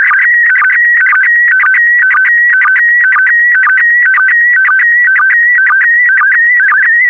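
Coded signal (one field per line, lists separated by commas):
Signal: SSTV (slow-scan television)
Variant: PD120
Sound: warbling, chirping tone stepping between pitches, with a rhythmic low blip about twice a second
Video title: (06 of 12) ARISS 20 Years - Series 7 July 2017 - Retransmission SSTV PD120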